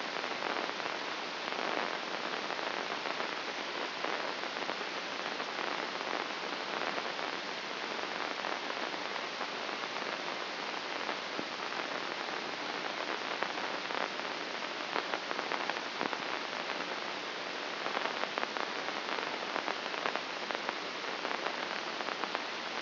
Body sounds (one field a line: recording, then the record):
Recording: brain microelectrode recording played as sound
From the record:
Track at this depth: inside the subthalamic nucleus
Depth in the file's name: 3.831 mm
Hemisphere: left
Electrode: 2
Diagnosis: Parkinson's disease